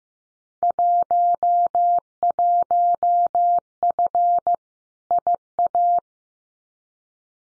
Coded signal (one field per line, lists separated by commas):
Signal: Morse code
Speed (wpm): 15 wpm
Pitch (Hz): 700 Hz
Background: none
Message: 11F IA